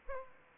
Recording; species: mosquito wingbeat signal from an infrared sensor; Aedes aegypti